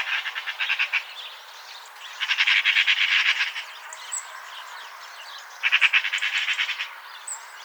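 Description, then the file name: Eurasian magpie chattering: harsh, rapid rattling bursts of repeated notes, three main bouts separated by short pauses. "Pica pica"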